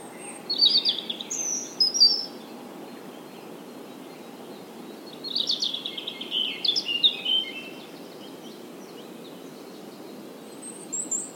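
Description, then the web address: European robin singing high, liquid warbled phrases separated by long silences, with a last faint fragment near the end and low hiss throughout. "SETE Erithacus rubecula"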